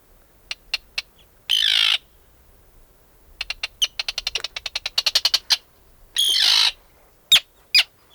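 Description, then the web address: Bird calls of quick sharp ticks and a fast accelerating rattle, broken by two harsh, hissing rasps and a few crisp single notes. Arctic. "birdsong 3 02. Arctic"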